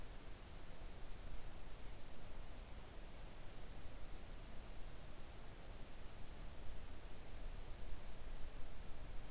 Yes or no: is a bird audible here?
no